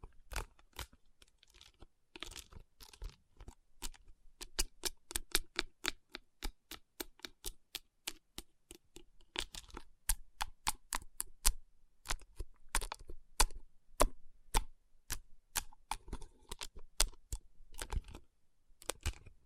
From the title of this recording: Tapping & Rubbing Rhinestone Covered Palms